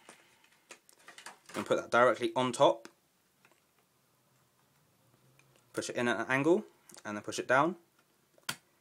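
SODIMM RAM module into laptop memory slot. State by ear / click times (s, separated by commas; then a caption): seated / 8.5 s. A second SODIMM RAM module is inserted at an angle on top of the first in a 2009 unibody MacBook Pro laptop's memory slot, then pushed down. Someone talks, small ticks and handling noises are heard, and a sharp click at 8.5 s marks the two metal latches snapping over it. The module is seated.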